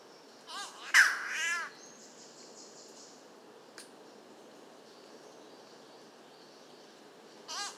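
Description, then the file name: Spotted catbird uttering a harsh, wavering, cat-like yowl lasting about a second, then a brief click and a second short wail at the end. "Ailuroedus Maculosus"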